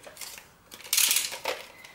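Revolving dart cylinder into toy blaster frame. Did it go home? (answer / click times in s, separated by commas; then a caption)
yes / 0.9 s. After six foam darts are loaded, the revolving plastic cylinder of a NERF Elite Strongarm toy blaster is swung back into the blaster's frame. A few light plastic clicks and rattles lead up to one loud, sharp click at 0.9 s as the cylinder locks into place, followed by softer clicks near 1.5 s and 1.9 s. The cylinder is seated.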